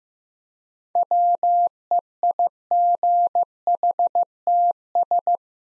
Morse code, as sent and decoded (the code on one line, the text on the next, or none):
.-- . .. --. .... - ...
WEIGHTS